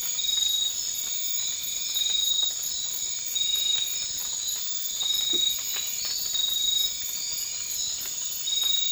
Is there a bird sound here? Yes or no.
no